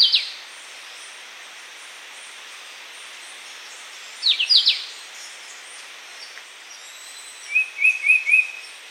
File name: yellow browed shrike vireo